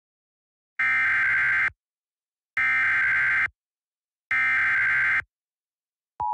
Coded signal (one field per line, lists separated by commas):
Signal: Emergency Alert System (SAME) tones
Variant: header bursts